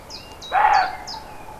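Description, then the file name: Roe deer, a single gruff bark lasting a fraction of a second, set among thin, high repeated bird calls. Recorded 5 May 2011 on an MZ-N710 recorder. "chevreuil 5 05 11"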